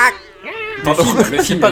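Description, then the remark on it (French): A human voice imitates a zombie cat: a drawn-out, wavering meow that bends up and down in pitch, then breaks into a loud, raspy, snarling yowl. “Bruits de chat plutôt, c'est plus intéressant. De chat zombie.”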